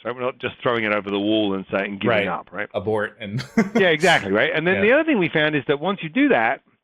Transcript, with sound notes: We’re not just throwing it over the wall and saying given up, right.
Right. Abort. And- [laugh]
Yeah, exactly. And then the other thing we found is that once you do that,